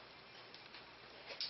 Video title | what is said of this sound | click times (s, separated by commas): Nagant Revolver Disassembly/Reassembly | and then it'll snap into place | 1.4 s